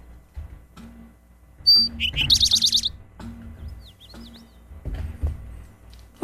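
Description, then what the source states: Eastern towhee singing one phrase: a high clear note, a lower note, then a rapid ringing trill, with a faint low rumble and scattered soft chips behind. Song remembered by the mnemonic "drink your tea".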